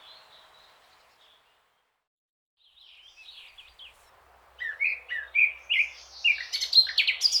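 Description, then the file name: Eurasian blackcap song: faint scattered notes early on, then a lively burst of warbling and whistled phrases growing louder during the last three seconds. "Sylvia atricapilla"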